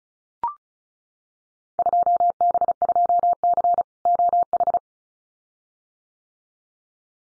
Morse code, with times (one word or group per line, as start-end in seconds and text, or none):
1.8-3.8 2B2C
4.1-4.8 OH